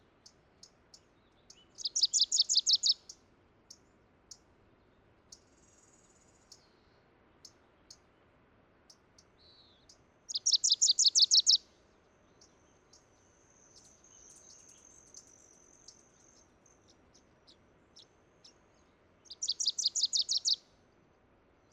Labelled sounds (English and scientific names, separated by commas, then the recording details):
Wilson's Warbler (Cardellina pusilla) song
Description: Wilson's Warbler song recorded at the Alluvial Fan in Rocky Mountain National Park
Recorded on 31 May 2017